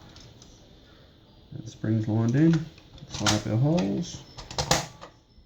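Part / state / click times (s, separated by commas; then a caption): internal plastic part or spring assembly into the toy blaster body / seated / 4.6 s, 4.7 s. During a spring mod on a Nerf Zombie Strike Flipfury foam-dart blaster, with the spring lined up with its holes, an internal plastic part is pushed into the toy blaster body. Someone talks, then the part snaps home with sharp clicks at 4.6 and 4.7 seconds, and it is seated in place.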